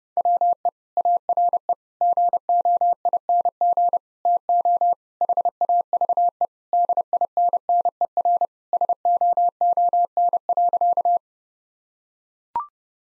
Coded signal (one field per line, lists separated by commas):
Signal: Morse code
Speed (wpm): 30 wpm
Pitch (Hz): 700 Hz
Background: none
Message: WE ARE GOING TO HAVE DINNER SOON.